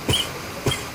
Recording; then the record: coughing mixed with background sound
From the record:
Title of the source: Dry Afternoon Cough